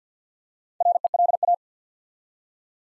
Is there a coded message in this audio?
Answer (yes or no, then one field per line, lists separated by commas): yes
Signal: Morse code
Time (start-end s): 0.8-1.5 s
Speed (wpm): 50 wpm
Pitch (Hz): 700 Hz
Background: none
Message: RELA